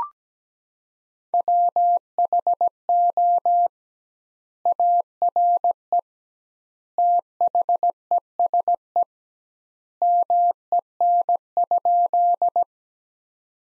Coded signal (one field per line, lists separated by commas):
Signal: Morse code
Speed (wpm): 17 wpm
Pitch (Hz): 700 Hz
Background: none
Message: WHO ARE THESE MEN?